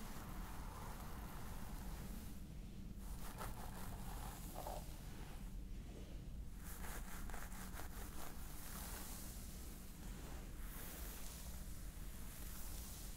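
A scalp massage: fingers rub and scratch through hair in a steady, dense rustle over a constant low rumble. Quick runs of crisp scratching ticks come in clusters, around the third, sixth to eighth, and tenth to eleventh seconds, while the loudness stays even.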